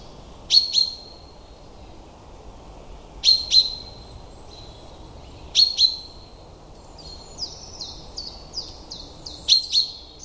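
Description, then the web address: Common chaffinch calls: sharp paired high notes repeated every few seconds, with a fainter descending series of notes between them. "Deverinetal 2025 File origin Bird Only Fr Co"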